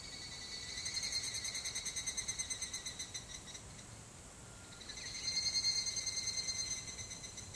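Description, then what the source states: Higurashi cicada singing two pulsed ringing phrases split by a short pause, the second one stronger, with a brief thin whistle in the gap. Song referred to as kanakana.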